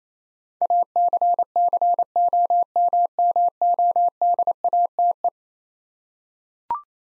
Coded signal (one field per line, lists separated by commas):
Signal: Morse code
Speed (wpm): 28 wpm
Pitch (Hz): 700 Hz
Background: none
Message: ACCOMMODATE